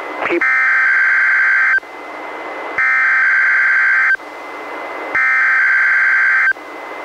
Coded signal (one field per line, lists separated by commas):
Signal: Emergency Alert System (SAME) tones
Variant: header bursts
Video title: EAS #337-340: 4 NWR Required Weekly Tests- Aug. 14-Sep. 4, 2019